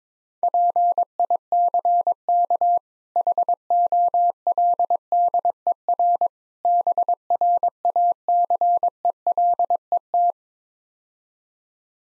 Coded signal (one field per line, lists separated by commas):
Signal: Morse code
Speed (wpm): 22 wpm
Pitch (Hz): 700 Hz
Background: none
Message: PICK HOLDER BRACELET